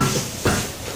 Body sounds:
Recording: coughing mixed with background sound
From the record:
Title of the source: Mid-morning Winter Coughing Fit

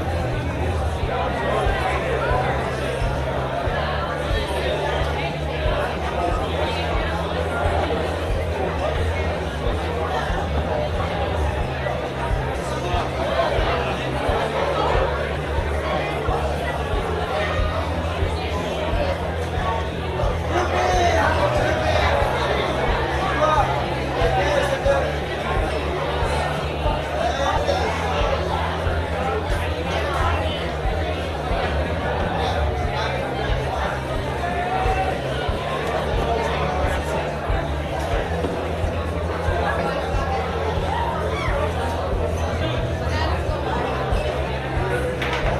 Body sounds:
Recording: background sound without coughing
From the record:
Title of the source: CITY SOUNDS Busy Bar in the Evening Night - 2 HOURS of Ambiance for Relaxation

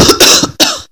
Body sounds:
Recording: coughing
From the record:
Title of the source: November cold (wet coughing)

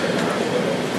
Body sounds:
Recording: background sound without coughing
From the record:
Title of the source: Office Sounds Ambience - Background Noise for Study and Work

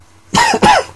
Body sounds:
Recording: coughing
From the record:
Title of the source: Dry Coughing Fit in the Afternoon.

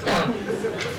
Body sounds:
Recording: coughing mixed with background sound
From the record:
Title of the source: Barking cough - # 10

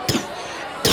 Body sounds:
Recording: coughing mixed with background sound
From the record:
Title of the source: Wet coughing

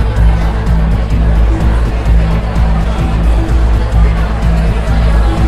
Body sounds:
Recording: background sound without coughing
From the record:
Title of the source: Party Noise 1 Hour Party Ambience

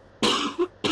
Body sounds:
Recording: coughing mixed with background sound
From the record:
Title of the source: 64 coughing, allergies, singing lungs

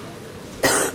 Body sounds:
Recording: coughing mixed with background sound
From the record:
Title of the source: 34 coughing up crap again

